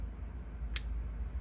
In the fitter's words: So wait until you hear a click.